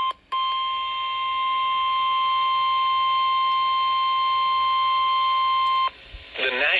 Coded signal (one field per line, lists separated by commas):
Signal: Emergency Alert System (SAME) tones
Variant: 1050 Hz attention tone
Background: speech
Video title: My Radios Went Off When I Was Cleaning (EAS Alerts: #257 - 267) - 8/25/21 - 9/7/21